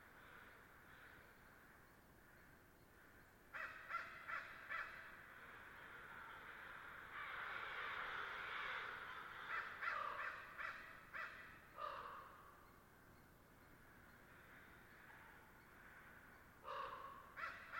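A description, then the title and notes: Ravens and crows call at their roost, harsh caws arriving in bursts around 4, 8 to 12, and 17 seconds. Between the bursts a low, steady murmur of softer calls and rustling continues, with a dense overlapping cluster of caws in the middle. The site is a permanent roost for a mob of ravens. On a daily basis, though, their home is utilized by a murder of crows as a staging area for their final roost. After a long day of foraging, the crow gang descends to overrun the area before moving along. They sound agitated. The ravens are listening, waiting to see if it’s okay to go about again.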